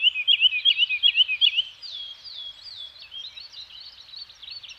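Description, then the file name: Bird song opening with rapid repeated chirps, followed by slurred whistles and a tumbling run of twittering notes. Birds singing in a Scandinavian forest. "Nature Soundscape - Scandinavian Forest Environment with Birds Singing"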